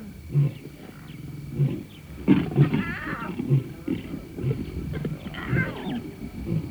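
Lions roar and growl in a rough, rumbling series of deep bursts, with throaty snarls rising between them and several overlapping calls across the stretch.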